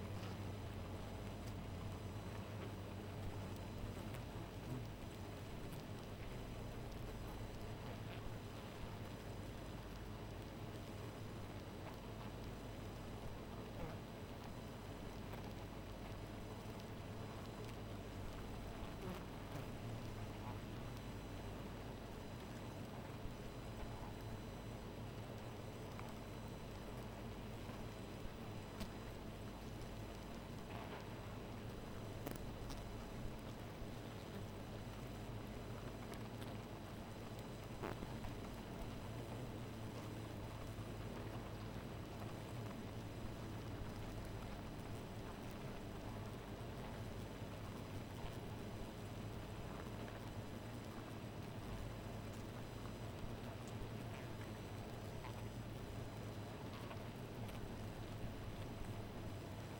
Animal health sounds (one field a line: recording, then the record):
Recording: honeybee colony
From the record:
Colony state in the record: missing queen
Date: 14 July 2017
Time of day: 2:55